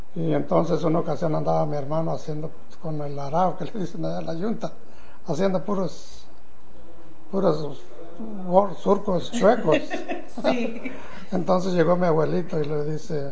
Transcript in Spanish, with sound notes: Y entonces en una ocasión andaba mi hermano haciendo, pues con el arado que le dicen allá la yunta, haciendo puros, puros, puros surcos chuecos. (risas) Sí. Entonces llegó mi abuelito y le dice: